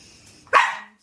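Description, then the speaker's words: Dachshund: dog giving a single sharp, brief bark after a moment of quiet. Female pet dachshund barking at her owner during a forceful lion's breath exercise, not understanding the breathing. "And as you can hear, my dachshund is barking at me because she doesn't understand why I am breath firing at her like that."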